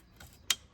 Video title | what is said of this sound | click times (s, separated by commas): Installing ECS Intercooler and Charge Pipes 2018 B9 A4 | that way we don't have any faults you want to hear it click with the red tab back in um | 0.5 s